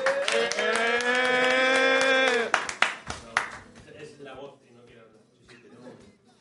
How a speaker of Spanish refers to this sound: ¡Un aplauso más, Poli!